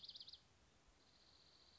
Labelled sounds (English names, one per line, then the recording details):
Dark-eyed Junco
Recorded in Sonoma County, California